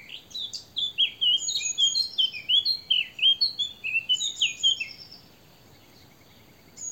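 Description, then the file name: Eurasian blackcap song: loud, rhythmic, fluty warbling phrases of swooping notes for about five seconds, then near silence. "Sylvia atricapilla"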